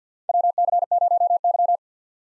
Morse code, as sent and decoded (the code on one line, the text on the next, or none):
.-- -.-. ----- -.--
WC0Y